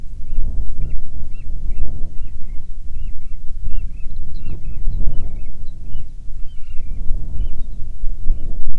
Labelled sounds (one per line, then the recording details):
bird
wind
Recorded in the Arctic National Wildlife Refuge, Alaska, on 9 July 2019 at 22:42
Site 48